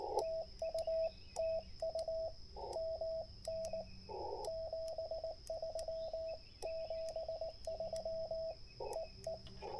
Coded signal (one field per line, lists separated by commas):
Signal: Morse code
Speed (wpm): 18 wpm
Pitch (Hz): 650 Hz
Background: radio noise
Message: TU TU MN 73 73 EE